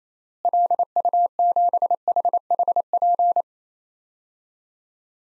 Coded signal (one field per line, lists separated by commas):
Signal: Morse code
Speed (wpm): 27 wpm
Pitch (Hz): 700 Hz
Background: none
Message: LU7HHP